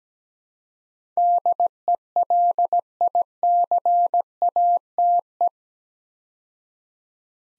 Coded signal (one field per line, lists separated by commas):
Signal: Morse code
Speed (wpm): 17 wpm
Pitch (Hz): 700 Hz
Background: none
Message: DELICATE